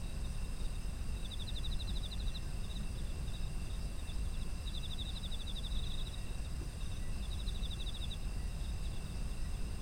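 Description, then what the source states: Insect chorus with three bursts of rapid pulsed trilling and continuous shrill background tones, all above a heavy low-pitched rumble. Autumn insects as an environmental ambience.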